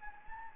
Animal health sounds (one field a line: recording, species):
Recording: mosquito wingbeat signal from an infrared sensor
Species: Anopheles gambiae